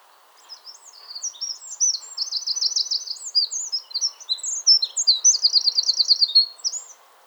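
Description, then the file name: Eurasian wren delivering one long high song, a rapid jumble of shrill notes with two quick rattling trills, fading out near the end against a soft background hiss. "Troglodytes troglodytes"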